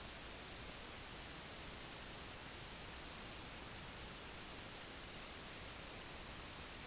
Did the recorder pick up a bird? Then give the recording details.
no. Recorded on Arctic tundra, site IGLO-D, on 16 June 2018. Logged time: 12:00